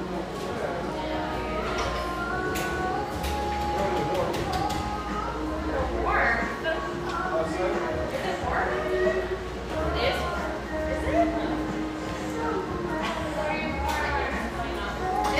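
A cafe with a steady wash of overlapping conversation, many voices blending at an even level throughout. Short clinks of dishes and cups cut through now and then, with a low rumble underneath and occasional brief tones rising above the chatter.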